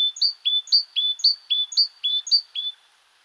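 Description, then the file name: Great tit song: a ringing two-note see-saw phrase repeated evenly several times, roughly two phrases per second, then stopping. "Parus major"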